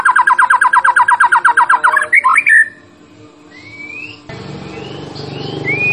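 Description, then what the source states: White-rumped shama giving a fast, regular string of harsh repeated notes, then a brief pause followed by a few soft rising whistles. Champion shama's song, used to tutor other birds.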